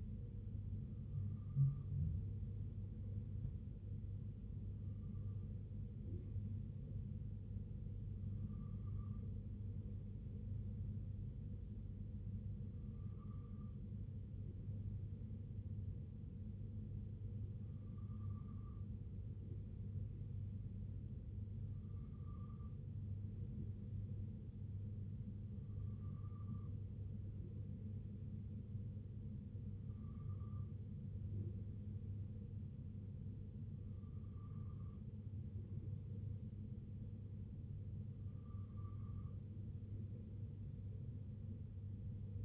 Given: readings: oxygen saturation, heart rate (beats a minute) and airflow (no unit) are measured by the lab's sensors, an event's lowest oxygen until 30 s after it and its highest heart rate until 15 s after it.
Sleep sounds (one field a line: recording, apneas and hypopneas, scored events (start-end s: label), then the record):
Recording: breathing in sleep by a smartphone at the bedside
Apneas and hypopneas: none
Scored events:
33.00-42.45 s: new sleep stage, N3 (deep sleep)
From the record:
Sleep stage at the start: N2 (light sleep)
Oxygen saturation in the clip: 94 to 95%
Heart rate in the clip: 60 to 67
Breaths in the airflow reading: 10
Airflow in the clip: -3.2 to 2.0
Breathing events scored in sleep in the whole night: 258 in 7.4 hours asleep